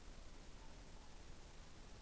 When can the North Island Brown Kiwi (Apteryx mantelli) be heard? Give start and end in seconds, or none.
none